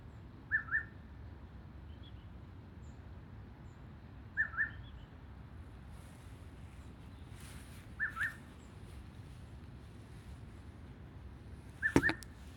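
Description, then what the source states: Grey-sided scimitar babbler calling in clear double notes, a pair roughly every four seconds, over steady low hum and a brief click. Recorded 2022-02-08.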